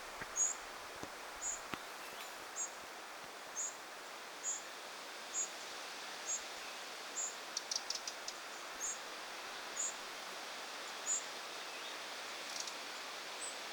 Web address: paivat 9 8 2026 peukaloinen pesue emo ja ainakin viisi poikasta